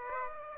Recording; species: mosquito wingbeat signal from an infrared sensor; Aedes aegypti